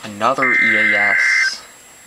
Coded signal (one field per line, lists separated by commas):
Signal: Emergency Alert System (SAME) tones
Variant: header bursts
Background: speech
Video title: EAS special marine warning for the Potomac River and Chesapeake Bay